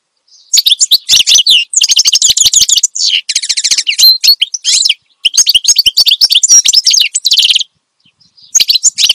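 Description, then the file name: Finch song: fast high chattering with buzzy rattles, several phrases separated by short silences. Energetic finch song intended for training other songbirds (masteran). "Suara Kicauan Burung Finch Gacor Dor Cocok Untuk Masteran"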